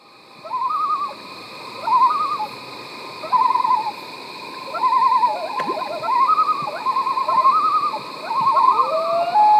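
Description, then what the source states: Common loon giving quavering, wavering phrases repeated in bursts about every second or two over a steady hum. Common loons seen and heard in Wisconsin; the host's favorite sound in the world.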